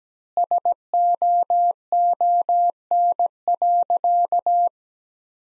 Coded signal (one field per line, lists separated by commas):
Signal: Morse code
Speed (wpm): 17 wpm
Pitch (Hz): 700 Hz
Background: none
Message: SOON.